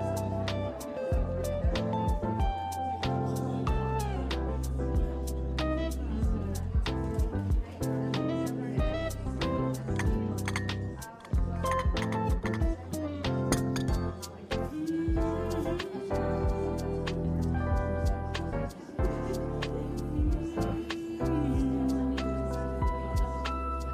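Coffee shop ambience with a steady, dense murmur of voices and music playing underneath, its held notes shifting throughout. Sharp clinks and taps of cups and dishes come every second or two, over a constant low hum, with a brief dip near the eleven-second mark.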